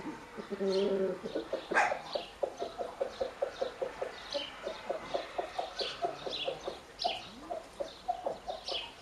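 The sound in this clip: Bird chatter, a rapid run of short pulsed notes sustained for several seconds, with fainter high calls above.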